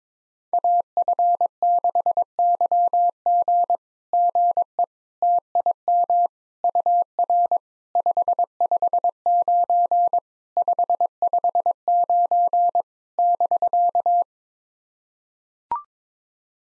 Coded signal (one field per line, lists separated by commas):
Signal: Morse code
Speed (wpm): 23 wpm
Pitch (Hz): 700 Hz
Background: none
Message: AF6YG GE TIM UR 559 559 <BK>